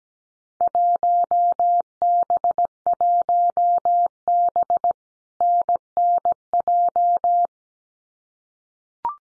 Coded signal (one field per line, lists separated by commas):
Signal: Morse code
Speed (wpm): 17 wpm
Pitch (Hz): 700 Hz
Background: none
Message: 1B1B NNJ